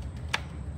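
A water pipe's hose fitting is pushed into the inlet/outlet port of a STARQ ST1800U high pressure washer for a car. A single sharp click at 0.3 s stands out above a low background hum. The fitting locks into the washer and is seated.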